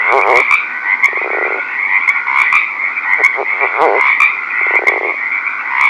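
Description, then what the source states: Northern leopard frog calls as several short rattling, pulsed bursts spread throughout, with a constant shrill chorus running underneath. Recorded at night.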